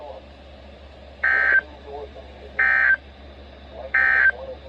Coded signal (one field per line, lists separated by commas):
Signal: Emergency Alert System (SAME) tones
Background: speech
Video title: 7/12/23 | Severe Thunderstorm Warning on WWF34 [EAS #869]